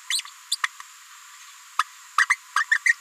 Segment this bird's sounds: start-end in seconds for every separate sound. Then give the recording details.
0.10-0.21, 0.52-0.56, 0.64-0.66, 1.79-1.83, 2.18-2.25, 2.30-2.35, 2.56-2.64, 2.71-2.78, 2.86-2.92. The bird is a female. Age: 30 days. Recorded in a nest box in Venezuela. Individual 17B73B2